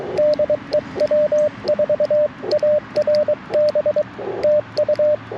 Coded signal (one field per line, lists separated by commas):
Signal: Morse code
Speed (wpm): 23 wpm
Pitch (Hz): 590 Hz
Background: radio noise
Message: DE W4ARB TU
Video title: On-Air CW for Morse Code Practice - QRP CW POTA 9/27/23 @ Tuskegee National Forest (K-4451)